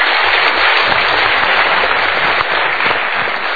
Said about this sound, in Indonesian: Kita berikan tepuk tangan dulu.